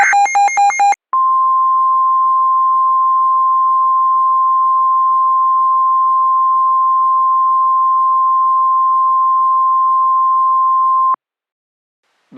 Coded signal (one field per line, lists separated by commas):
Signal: Emergency Alert System (SAME) tones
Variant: 1050 Hz attention tone